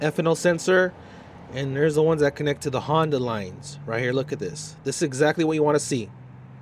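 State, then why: Not seated. A fuel line quick connector is being handled at a Honda hard fuel line, beside the ethanol sensor connection, while a man talks throughout. Nothing has seated or clicked yet; the clip ends before the connector goes home.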